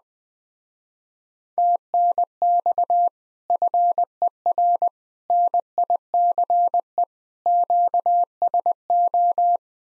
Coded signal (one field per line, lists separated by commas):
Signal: Morse code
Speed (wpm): 20 wpm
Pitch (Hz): 700 Hz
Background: none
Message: TNX FER NICE QSO